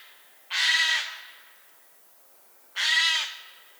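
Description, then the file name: Eurasian jay uttering two loud, hoarse screeches separated by a pause of about two seconds. "Garrulus glandarius"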